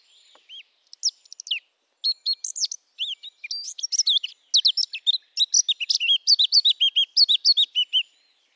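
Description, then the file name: Eurasian blackcap warbling song that starts sparse with a few notes and builds into a fast, steady stream of chirpy, slurred phrases. "Sylvia atricapilla"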